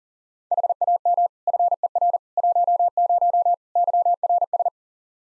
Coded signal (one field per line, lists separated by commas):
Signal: Morse code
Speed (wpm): 40 wpm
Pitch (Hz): 700 Hz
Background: none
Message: HAM FER 10 YRS